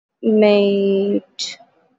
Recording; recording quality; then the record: sustained vowel as in made; excellent, no background noise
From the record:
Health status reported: healthy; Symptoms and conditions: none ticked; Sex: female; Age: 20 years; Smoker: not ticked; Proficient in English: yes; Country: India